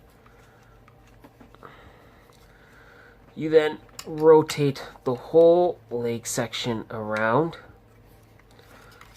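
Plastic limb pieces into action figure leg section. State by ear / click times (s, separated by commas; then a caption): not seated / none. Plastic leg pieces are pushed into the leg section of a Hasbro Transformers Titans Return Galvatron action figure and the whole leg section is rotated, making faint plastic clicks and handling noises before and after someone talks. The pieces will not stay in, and nothing has seated or clicked into place.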